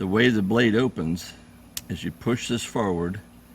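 Someone talks while handling a Columbia River Knife and Tool trick folding knife, starting to push its blade forward on the unusual opening mechanism toward its locked-open position. The blade has not locked in place yet, and nothing has seated or clicked by the end.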